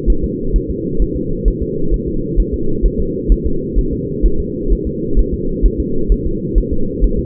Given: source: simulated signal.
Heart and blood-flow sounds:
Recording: fetal heart sounds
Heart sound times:
0.10 s: S1
0.24 s: S2
0.56 s: S1
0.70 s: S2
1.02 s: S1
1.16 s: S2
1.48 s: S1
1.62 s: S2
1.94 s: S1
2.08 s: S2
2.40 s: S1
2.54 s: S2
2.86 s: S1
3.00 s: S2
3.32 s: S1
3.46 s: S2
3.79 s: S1
3.93 s: S2
4.25 s: S1
4.40 s: S2
4.72 s: S1
4.87 s: S2
5.19 s: S1
5.34 s: S2
5.66 s: S1
5.80 s: S2
6.12 s: S1
6.26 s: S2
6.58 s: S1
6.73 s: S2
7.04 s: S1
7.19 s: S2
From the record:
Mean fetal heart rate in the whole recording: 130 bpm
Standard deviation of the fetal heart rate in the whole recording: 2 bpm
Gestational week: 36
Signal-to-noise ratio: -8.1 dB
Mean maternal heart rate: 72 bpm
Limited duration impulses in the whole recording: absent

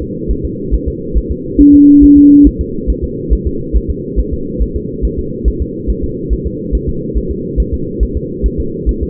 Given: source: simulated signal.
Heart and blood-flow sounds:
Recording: fetal heart sounds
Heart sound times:
0.02 s: S2
0.31 s: S1
0.45 s: S2
0.74 s: S1
0.88 s: S2
1.17 s: S1
1.31 s: S2
1.61 s: S1
1.75 s: S2
2.04 s: S1
2.18 s: S2
2.47 s: S1
2.61 s: S2
2.90 s: S1
3.04 s: S2
3.33 s: S1
3.47 s: S2
3.76 s: S1
3.90 s: S2
4.20 s: S1
4.33 s: S2
4.62 s: S1
4.76 s: S2
5.05 s: S1
5.19 s: S2
5.48 s: S1
5.62 s: S2
5.90 s: S1
6.04 s: S2
6.33 s: S1
6.47 s: S2
6.75 s: S1
6.89 s: S2
7.17 s: S1
7.31 s: S2
7.60 s: S1
7.74 s: S2
8.03 s: S1
8.17 s: S2
8.46 s: S1
8.60 s: S2
8.89 s: S1
9.03 s: S2
From the record:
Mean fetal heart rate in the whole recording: 140 bpm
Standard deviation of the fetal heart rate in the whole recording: 2 bpm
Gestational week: 34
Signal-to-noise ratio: -6.6 dB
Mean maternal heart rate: 72 bpm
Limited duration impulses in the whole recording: present

